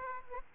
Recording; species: mosquito wingbeat signal from an infrared sensor; Aedes aegypti